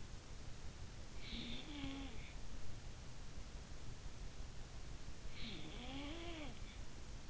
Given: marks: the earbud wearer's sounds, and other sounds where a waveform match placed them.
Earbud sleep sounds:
sounds in sleep by an in-ear microphone; breath, snoring breath
0.51-2.68 s: breath
4.68-7.30 s: snoring breath

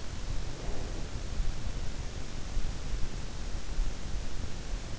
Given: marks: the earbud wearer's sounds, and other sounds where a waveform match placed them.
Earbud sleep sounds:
sounds in sleep by an in-ear microphone; breath
0.22-1.53 s: breath

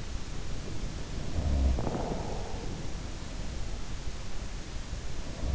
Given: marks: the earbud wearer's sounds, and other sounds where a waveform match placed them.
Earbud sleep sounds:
sounds in sleep by an in-ear microphone; breath
0.67-3.01 s: breath
1.27-2.38 s: sound from someone else or the room

